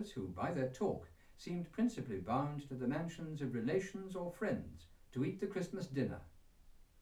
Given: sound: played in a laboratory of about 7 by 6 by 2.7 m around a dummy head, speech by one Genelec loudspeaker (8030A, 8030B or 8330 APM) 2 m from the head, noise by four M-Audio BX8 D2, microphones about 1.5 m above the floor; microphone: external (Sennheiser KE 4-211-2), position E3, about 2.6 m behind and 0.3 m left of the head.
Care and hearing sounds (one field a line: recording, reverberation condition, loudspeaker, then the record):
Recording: male speech in English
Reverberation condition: low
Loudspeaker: 30 degrees to the left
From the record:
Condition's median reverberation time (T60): about 310 ms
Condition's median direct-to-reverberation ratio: about 3.5 dB